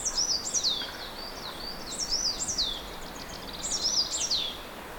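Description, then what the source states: Bird song of high whistled notes that rise then slur downward, in short phrases every couple of seconds, with steady broad hiss behind. Recorded at Czantoria.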